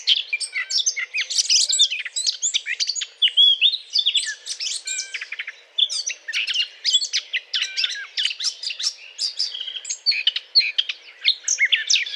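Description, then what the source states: Eurasian blackcap song, a dense, hurried warbling of varied high twitters and scratchy notes running nearly nonstop. Courtship song.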